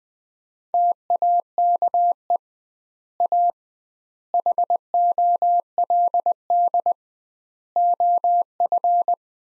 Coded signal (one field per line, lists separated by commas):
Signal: Morse code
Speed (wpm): 20 wpm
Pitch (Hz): 700 Hz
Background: none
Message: TAKE A HOLD OF